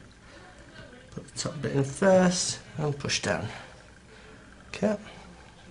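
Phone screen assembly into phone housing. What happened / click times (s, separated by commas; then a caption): The panel is handled and pressed but has not yet snapped home / none. An iPhone 3G screen assembly is handled for closing into its metal and plastic phone housing, top edge in first and then pushed down, while someone talks throughout. Nothing has seated or clicked yet by the end of the clip.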